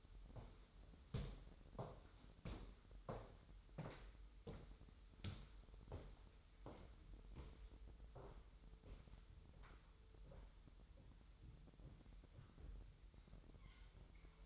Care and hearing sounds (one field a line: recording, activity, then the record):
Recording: daily activity, microphone in the room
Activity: walk to room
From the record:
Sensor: 3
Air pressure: 988.2 hPa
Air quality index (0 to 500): 184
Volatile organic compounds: 208 ppm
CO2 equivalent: 4238 ppm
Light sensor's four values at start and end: 24/73/31/26 and 24/75/31/27